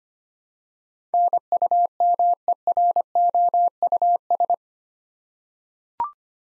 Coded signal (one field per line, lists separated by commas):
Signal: Morse code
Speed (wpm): 25 wpm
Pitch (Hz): 700 Hz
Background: none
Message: NUMEROUS